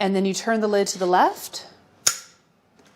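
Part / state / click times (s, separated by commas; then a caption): pressure cooker lid onto pan / seated / 2.1 s. Someone talks, then a stainless steel Fissler Vitavit pressure cooker lid, turned to the left on the pan, gives a single sharp metallic click at 2.1 s as it locks into place. A faint soft sound follows at about 2.8 s. The lid is seated and locked, and the indicator changes from red to green.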